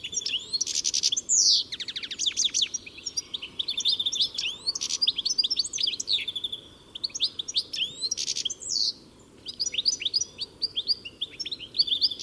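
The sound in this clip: Bird calls in loud bursts of sharp, down-slurred chirps and short twitters, with brief lulls before the chirping resumes.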